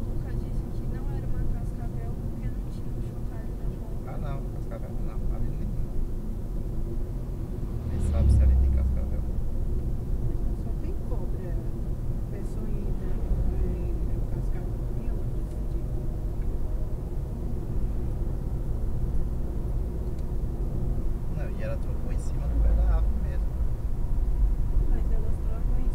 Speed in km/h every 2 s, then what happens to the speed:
54, 55, 55, 55, 55, 55, 56, 60, 63, 65, 66, 68, 71.
0-10 steady at about 55. 10-26 speeds up to 71.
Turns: none.